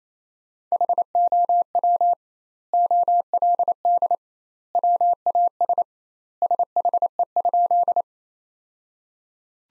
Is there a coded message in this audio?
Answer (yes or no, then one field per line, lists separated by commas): yes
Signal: Morse code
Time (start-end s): 0.7-8.0 s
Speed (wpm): 28 wpm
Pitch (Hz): 700 Hz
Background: none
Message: HOW OLD WAS SHE?